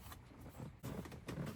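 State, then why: Seated. An aftermarket rear entertainment screen for a Tesla Model Y is pressed into the rear center console trim opening until its clips snap home. Low rubbing and handling noise builds, with small knocks around 0.1 s and 1.1 s, and then a sharp snap at 1.3 s as the screen seats and is confirmed installed.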